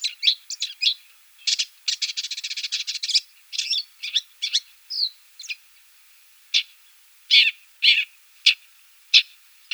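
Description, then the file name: Rufous-tailed shrike giving harsh, scratchy chattering calls, a fast rattling burst followed by spaced single raspy notes and one short whistled slur. "ZHulan rizhehvostyj"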